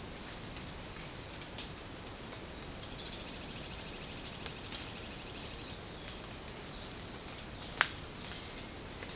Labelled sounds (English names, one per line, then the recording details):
none
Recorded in secondary vegetation near Puerto Asís, Putumayo, Colombia, on 8 March 2025 at 07:30
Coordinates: 0.485, -76.322
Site G040